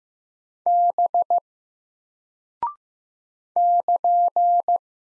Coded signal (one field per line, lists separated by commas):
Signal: Morse code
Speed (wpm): 15 wpm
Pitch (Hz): 700 Hz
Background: none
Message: B <KN>